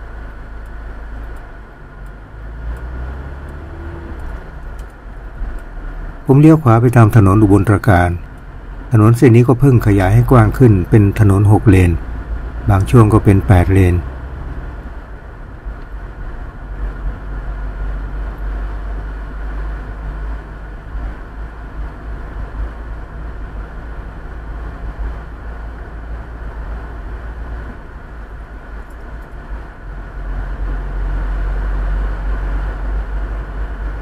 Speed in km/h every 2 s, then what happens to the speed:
9, 15, 17, 18, 23, 30, 35, 37, 39, 40, 41, 43, 44, 44, 44, 46, 47.
0-34 speeds up to 47.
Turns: 2-11.